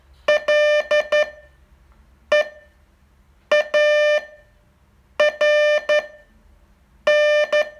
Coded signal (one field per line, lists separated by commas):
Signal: Morse code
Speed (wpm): 12 wpm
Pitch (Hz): 600 Hz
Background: none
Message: LEARN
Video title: Learn Morse in 42 Days from VU2LAU - day 38 test